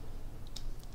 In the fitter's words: it kind of goes up like this and it'll just kind of snap into place as you can see it's